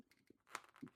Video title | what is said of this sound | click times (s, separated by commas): Are You Throwing Your Helmet Away After Five Years? | There it goes. Clicked right into place. | 0.5 s